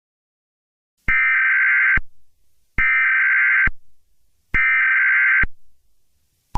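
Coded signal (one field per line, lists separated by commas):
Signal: Emergency Alert System (SAME) tones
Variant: header bursts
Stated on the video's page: Fictional EAS scenario about a zombie virus outbreak.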